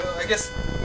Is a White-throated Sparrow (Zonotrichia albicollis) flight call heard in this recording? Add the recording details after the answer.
no. No flight call is heard. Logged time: 01:19 on 4 September 2014